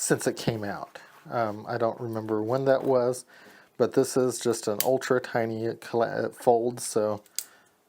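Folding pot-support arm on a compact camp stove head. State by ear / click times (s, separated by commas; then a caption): not seated / none. Someone talks while handling a small metal Optimus Crux backpacking stove, starting to fold the pot-support arm on the compact camp stove head. Faint handling ticks sit between the speech. The arm has not clicked into place yet; nothing has seated.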